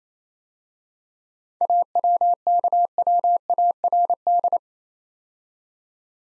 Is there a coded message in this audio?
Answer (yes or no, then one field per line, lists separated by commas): yes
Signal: Morse code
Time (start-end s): 1.6-4.6 s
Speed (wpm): 27 wpm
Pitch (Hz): 700 Hz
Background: none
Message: AWKWARD